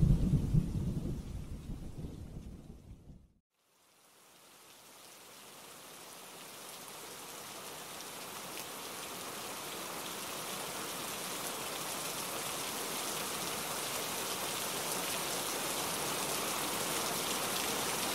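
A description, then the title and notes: Rain with thunder: a deep rumble rolls under the hiss of rain for the first three seconds, then the sound cuts out for a moment. Steady, dense rain returns, bright and even, slowly growing louder through to the end. Three Hours of Rain with Thunder Soothing and Calming. Heavy rain.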